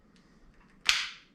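A plastic mounting clip is inserted the other way round into a head strap mount and snaps into place with one sharp, bright click at 0.9 s. The clip seats snugly in its channel. Before the click there are only faint, soft handling sounds.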